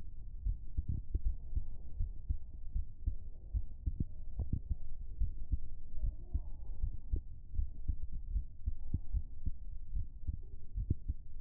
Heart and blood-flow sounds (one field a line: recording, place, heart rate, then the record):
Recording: heart sounds by stethoscope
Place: pulmonary valve (PV)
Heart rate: 80 bpm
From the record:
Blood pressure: 132/78 mmHg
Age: 33 years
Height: 158 cm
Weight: 55 kg